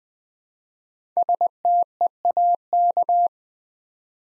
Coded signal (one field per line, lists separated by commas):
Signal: Morse code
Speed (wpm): 20 wpm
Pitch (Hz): 700 Hz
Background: none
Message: STEAK